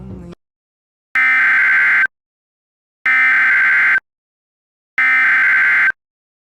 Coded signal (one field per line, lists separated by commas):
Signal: Emergency Alert System (SAME) tones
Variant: header bursts